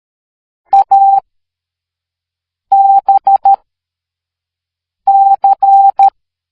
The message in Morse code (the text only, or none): A B C